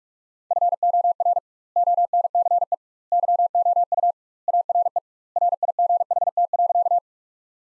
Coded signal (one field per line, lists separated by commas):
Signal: Morse code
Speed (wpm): 44 wpm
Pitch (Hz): 700 Hz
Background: none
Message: FOR ONCE YOU ARE RIGHT.